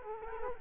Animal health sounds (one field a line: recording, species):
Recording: mosquito wingbeat signal from an infrared sensor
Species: Culex quinquefasciatus